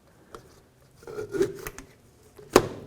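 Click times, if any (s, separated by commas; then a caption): 2.6 s. A rubber bellows boot is pushed onto the inner tie rod of a 2011–2014 Hyundai Sonata until its end seats in the groove. Faint taps, rubbing and scraping lead up to a sharp, loud snap at 2.6 s as it locks in. Someone talks.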